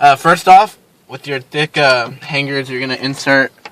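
Someone talks while getting ready to push thick wire-hanger removal tools into the slots of the radio head unit of a 2005 Crown Victoria, where they should catch the internal retaining clip. Only speech is heard, and nothing has clicked in yet.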